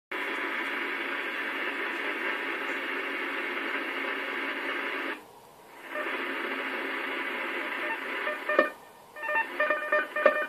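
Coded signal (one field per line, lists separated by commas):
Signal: unidentified radio signal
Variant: AMIS smart meter powerline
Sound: harsh continuous buzzing data hiss with multiple tones, one short pause, then choppy bursts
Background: radio static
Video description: AMIS Signal der Energie-AG Oberösterreich im Langwellenbereich stören unter anderem den DCF-77 Zeitzeichenempfang sehr stark!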